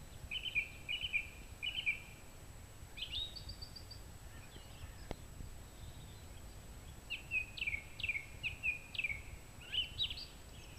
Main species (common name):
Song Thrush